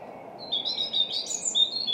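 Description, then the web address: European robin singing a run of high, silvery notes that rise and fall in quick succession, each slightly different, over a constant low hum. "Deverinetal 2025 Bird Only Er Ru"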